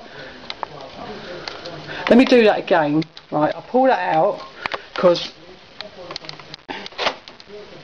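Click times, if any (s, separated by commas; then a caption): 5.8 s. A hard drive in its plastic/metal caddy is pulled out of a PS3 console's drive bay to redo the fit, then pushed back in while someone talks. A sharp click at 5.8 s marks the caddy clips snapping into place, followed by a few lighter handling clicks, and the drive is seated.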